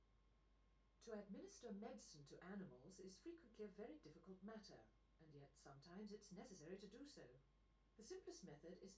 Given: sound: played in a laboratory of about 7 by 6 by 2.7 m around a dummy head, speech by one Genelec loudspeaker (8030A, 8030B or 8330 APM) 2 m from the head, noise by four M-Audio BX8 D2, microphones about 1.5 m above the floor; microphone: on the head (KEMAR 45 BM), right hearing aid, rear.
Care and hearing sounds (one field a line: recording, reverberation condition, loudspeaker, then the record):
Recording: female speech in English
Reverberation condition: low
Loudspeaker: 90 degrees to the left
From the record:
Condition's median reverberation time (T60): about 310 ms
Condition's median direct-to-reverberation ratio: about 3.5 dB